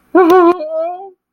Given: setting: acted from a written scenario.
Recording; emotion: vocal sound without words; distress